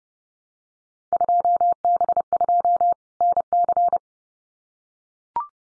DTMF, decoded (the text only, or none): none